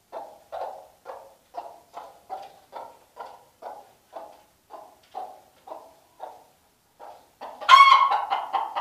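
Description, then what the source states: Chicken clucking in a steady series of low, short clucks about twice a second, ending in a louder, harsher squawking cackle. Hen.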